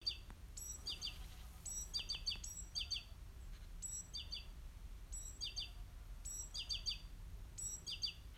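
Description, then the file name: Great tit giving bursts of bright, high chirps, each burst opening with a thin whistled note, repeated several times against a constant low background rumble. "Parus major"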